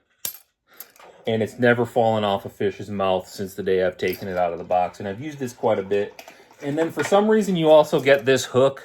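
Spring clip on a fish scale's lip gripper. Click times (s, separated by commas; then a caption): 0.2 s. The spring clip on the lip gripper of a Bubba Pro Series Smart Fish Scale is snapped shut, giving a sharp, positive click at 0.3 s. A few faint ticks follow just before 1 second, and then someone talks for the rest of the clip.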